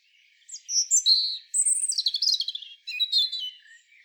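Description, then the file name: European robin song: a tumbling run of high, thin whistles and rapid trills, shifting pitch phrase by phrase across about three and a half seconds. "Erithacus rubecula"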